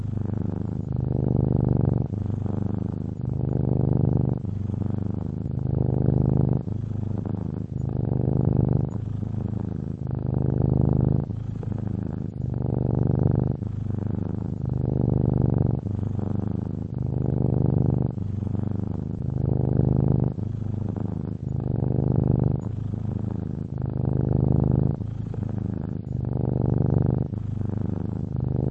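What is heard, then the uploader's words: A cat purrs, a low rumbling hum that swells and eases in a steady rhythm, one breath cycle roughly every second and a half. The purr stays even and dense throughout, with no other sounds in the background. Cat Purring.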